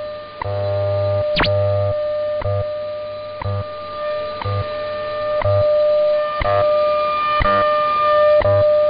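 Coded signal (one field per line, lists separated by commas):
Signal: radio time signal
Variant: WWV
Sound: steady hum-like tone with a sharp tick each second, about nine ticks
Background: radio static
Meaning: Each tick marks one second over a standard 600 Hz audio tone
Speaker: providing time of day, standard time interval, and other related information.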